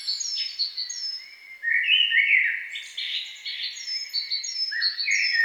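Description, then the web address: Songbird song: high whistled and trilled phrases, some slurred notes rising and falling, with short repeated high whistles throughout. "best service Blue Box birds songbird"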